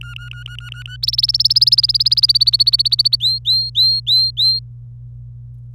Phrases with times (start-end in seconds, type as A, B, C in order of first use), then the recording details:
0.00-0.97 A, 1.03-3.16 B, 3.20-4.59 C. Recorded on 26 April 2018 at 09:48. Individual llb3